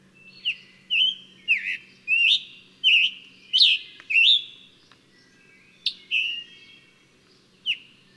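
Bird song: a run of sharp, downslurred whistled notes in quick succession, then a few scattered single notes after a short gap.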